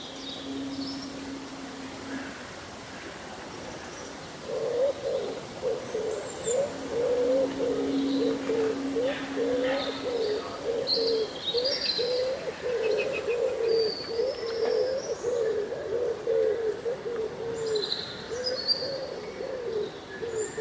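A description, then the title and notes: Birdsong over a breezy summer day, with a low hum from about 0 to 2.5 seconds and again from 7 to 10 seconds. From about 5 seconds a dense, pulsing cooing runs steadily to the end, while brief high chirps and tweets scatter throughout. Breezy Summer Day Rustling Leaves and Birdsong.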